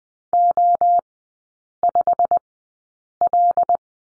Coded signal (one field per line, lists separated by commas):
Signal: Morse code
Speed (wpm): 20 wpm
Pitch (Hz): 700 Hz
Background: none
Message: O5L